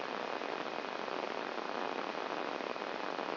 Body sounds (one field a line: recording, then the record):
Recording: brain microelectrode recording played as sound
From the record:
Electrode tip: inside the subthalamic nucleus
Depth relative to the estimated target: 1 mm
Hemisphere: left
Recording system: AlphaMap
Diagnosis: Parkinson's disease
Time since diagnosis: 10 years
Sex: female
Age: 63 years